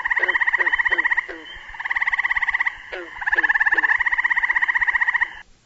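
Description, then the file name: Frog calling in three bursts of rapid pulsed trilling separated by brief pauses, with soft clicks. Recorded at Browns Creek; described as frog songs. "browns creek audio station frog songs"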